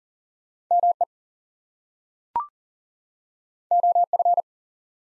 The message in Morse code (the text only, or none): ME OF